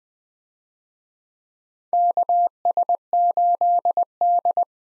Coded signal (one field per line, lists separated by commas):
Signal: Morse code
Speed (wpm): 21 wpm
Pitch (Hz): 700 Hz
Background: none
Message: KS8D